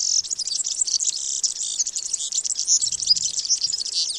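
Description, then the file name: European serin giving a continuous high, scratchy, jingling song of rapid trills and squeaks throughout. "Mathias Ritschard - Evropejskij vyurok Serinus serinus"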